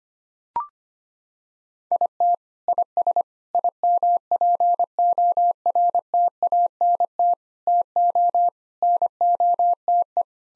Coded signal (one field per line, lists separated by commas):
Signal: Morse code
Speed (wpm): 25 wpm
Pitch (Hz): 700 Hz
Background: none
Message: IT IS IMPORTANT TO NOTE